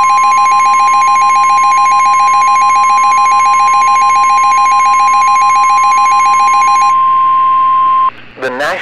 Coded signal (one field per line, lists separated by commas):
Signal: Emergency Alert System (SAME) tones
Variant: 1050 Hz attention tone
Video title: EAS SCENARIO: Above The Clouds